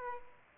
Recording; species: mosquito wingbeat signal from an infrared sensor; Aedes aegypti